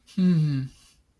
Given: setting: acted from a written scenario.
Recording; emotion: vocal sound without words; shame